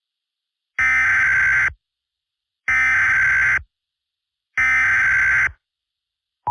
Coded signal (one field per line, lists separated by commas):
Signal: Emergency Alert System (SAME) tones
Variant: header bursts